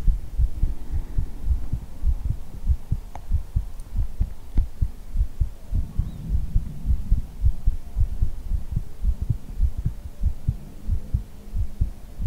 ASMR hugging your head - heartbeat.